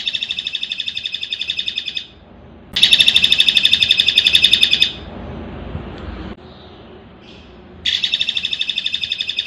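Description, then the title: Streaked spiderhunter delivering three fast, even runs of shrill chipping notes, with a few faint soft notes in the pauses. Long, clear, vigorous song, used as a tutor recording for training birds. "Pijantung Gunung Gacor Jernih Panjang"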